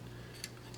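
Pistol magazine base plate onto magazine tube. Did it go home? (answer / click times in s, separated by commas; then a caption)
yes / 0.4 s. A polymer base plate for a SIG P365 pistol magazine is slid up onto the metal magazine tube, with the tube's slots engaging the base plate's slots. A sharp snap at 0.4 s marks it snapping in place, and a softer tick follows at 0.7 s over a low steady hum. No one talks.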